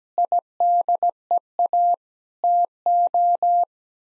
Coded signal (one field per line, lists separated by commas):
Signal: Morse code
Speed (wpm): 17 wpm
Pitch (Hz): 700 Hz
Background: none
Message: IDEA TO